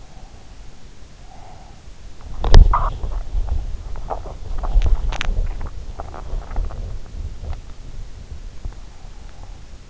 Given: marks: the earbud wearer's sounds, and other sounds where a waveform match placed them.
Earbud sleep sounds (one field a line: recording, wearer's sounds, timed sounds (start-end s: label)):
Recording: sounds in sleep by an in-ear microphone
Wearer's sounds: breath, body movement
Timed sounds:
0.00-1.85 s: breath
2.17-8.06 s: body movement